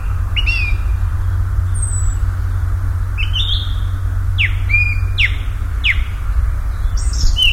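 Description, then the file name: Common nightingale song: a thin high whistle, then strong downward-sweeping notes repeated in a steady rhythm, with low rumbling throughout. "Nachtigall"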